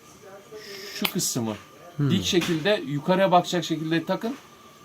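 A rotating piece in a panel radiator mounting bracket is handled and fitted upright while someone talks, with brief handling noises around the speech. The piece is meant to click into a detent at each direction (down, left, up, right) as it turns, but nothing has seated or clicked yet.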